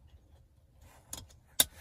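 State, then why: Seated. A plastic Click and Go seat-back mounting base is fitted onto the headrest posts behind the front seat of a Jaguar or Land Rover. Quieter plastic knocks at 1.1 s and 1.3 s come before a sharp, loud click at 1.6 s. At that click, the base locks in place on the posts.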